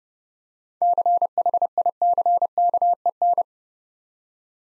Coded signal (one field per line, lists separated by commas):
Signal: Morse code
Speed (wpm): 33 wpm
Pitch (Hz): 700 Hz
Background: none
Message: CHICKEN